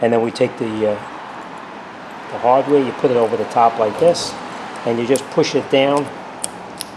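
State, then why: Seated. A new stainless steel brake pad hardware (abutment) clip is set over the top of the rear caliper bracket abutment on a 2008-2013 Toyota Highlander and pushed down by hand while someone talks. Two sharp clicks at 6.4 s and 6.8 s mark the clip snapping into its seat, and it ends properly seated.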